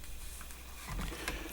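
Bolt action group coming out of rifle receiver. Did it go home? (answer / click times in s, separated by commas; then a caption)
released / 1.3 s. The bolt action group of a Ross M10 Mark 3 with one star rifle, made in about 1916, is pulled off the back of the receiver with the bolt stop in the intermediate position and the safety disengaged. After quiet handling noise, a sharp metallic snap at 1.3 s shows the bolt group has come free of the rifle.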